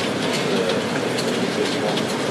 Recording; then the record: background sound without coughing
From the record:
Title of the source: Office Sounds Ambience - Background Noise for Study and Work